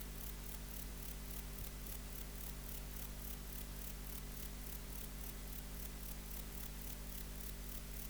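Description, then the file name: Grey bush-cricket singing a long even series of rapid, scratchy high chirps, roughly three per second, with a steady low hum underneath. "Platycleis albopunctata"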